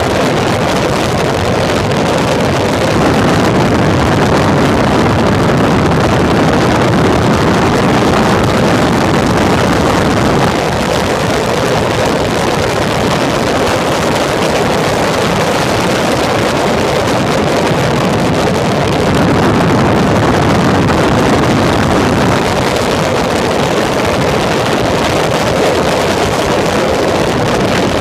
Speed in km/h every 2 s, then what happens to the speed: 111, 95, 95, 101, 103, 106, 105, 108, 96, 95, 96, 101, 99, 86.
0-2 brakes to 95. 2-15 speeds up to 108. 15-28 slows to 86.